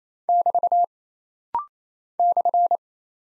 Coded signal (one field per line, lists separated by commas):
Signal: Morse code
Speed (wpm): 27 wpm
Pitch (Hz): 700 Hz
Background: none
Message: <BT> /